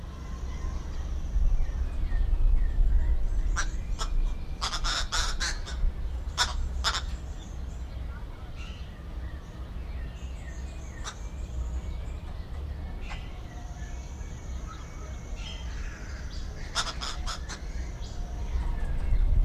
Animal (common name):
Green Woodhoopoe